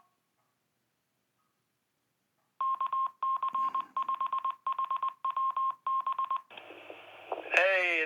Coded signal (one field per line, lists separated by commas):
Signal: Morse code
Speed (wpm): 20 wpm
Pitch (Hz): 1070 Hz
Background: speech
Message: KC5HWB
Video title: The Best AllStar Phone App? I Tested 3 So You Don't Have To